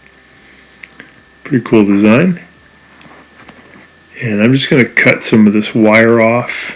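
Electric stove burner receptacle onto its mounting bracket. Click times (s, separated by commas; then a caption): 0.8 s. An electric stove burner receptacle is pushed up over its new metal mounting bracket and locks in place, with a sharp click at 0.8 s. Someone talks as the receptacle seats securely on the bracket.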